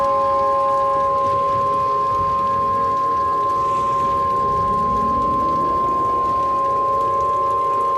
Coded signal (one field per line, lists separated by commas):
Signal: Emergency Alert System (SAME) tones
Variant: 1050 Hz attention tone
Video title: Hell in NYC(A Mini Eas scenario)